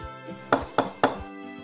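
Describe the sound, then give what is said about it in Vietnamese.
Three firm knocks on a door, evenly spaced about a quarter second apart, each a sharp thud with a short ring, over a faint steady hum. “Tiếng gõ cửa vang lên.”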